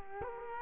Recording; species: mosquito wingbeat signal from an infrared sensor; Culex quinquefasciatus